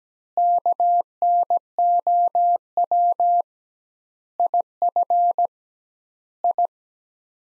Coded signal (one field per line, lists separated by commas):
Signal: Morse code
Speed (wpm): 17 wpm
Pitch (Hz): 700 Hz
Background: none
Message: KNOW IF I